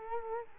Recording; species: mosquito wingbeat signal from an infrared sensor; Culex quinquefasciatus